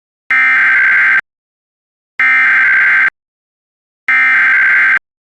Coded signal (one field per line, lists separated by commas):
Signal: Emergency Alert System (SAME) tones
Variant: header bursts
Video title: EAS - AMBER Alert issued in North Carolina